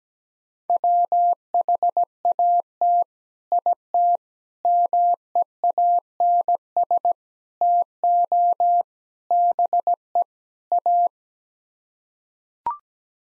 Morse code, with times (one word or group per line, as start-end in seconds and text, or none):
0.7-3.0 WHAT
3.5-4.2 IT
4.6-7.1 MEANS
7.6-8.8 TO
9.3-10.2 BE
10.7-11.1 A